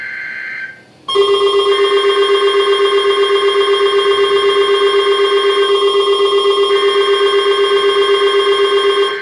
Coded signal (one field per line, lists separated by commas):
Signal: telephone call progress tone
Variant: Japan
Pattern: dial tone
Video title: EAS #141: Required Weekly Test